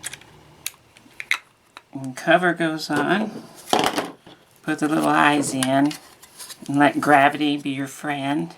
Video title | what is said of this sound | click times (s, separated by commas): The alarm is going off, it's time for Mr. Time and CoClock. - Refurbished | it clicks into place just like so | 1.3 s